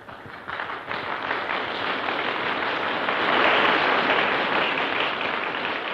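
After a long silence following a speech, an audience breaks into applause, a dense wash of many hands clapping that starts slightly uneven, then swells and holds steady at a fairly loud level throughout.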